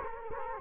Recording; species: mosquito wingbeat signal from an infrared sensor; Culex quinquefasciatus